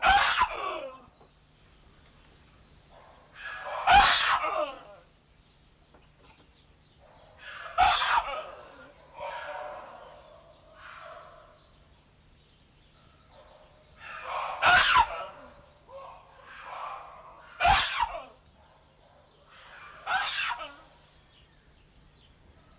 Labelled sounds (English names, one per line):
Gelada